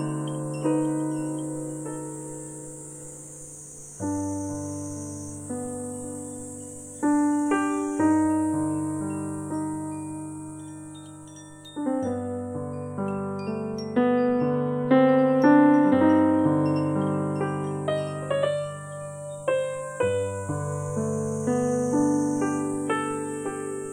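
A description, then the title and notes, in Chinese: Gentle piano chords and notes ring and fade every few seconds while cicadas keep up a steady, high, unbroken buzzing throughout. 轻柔的琴声，和动听的蝉鸣声。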